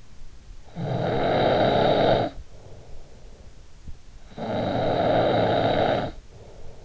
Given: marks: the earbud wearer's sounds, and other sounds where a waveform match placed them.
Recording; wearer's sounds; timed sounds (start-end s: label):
sounds in sleep by an in-ear microphone; snoring breath
0.41-2.84 s: snoring breath
3.95-6.55 s: snoring breath